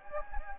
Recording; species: mosquito wingbeat signal from an infrared sensor; Anopheles gambiae